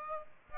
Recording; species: mosquito wingbeat signal from an infrared sensor; Aedes aegypti